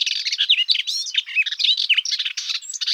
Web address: Hippolais polyglotta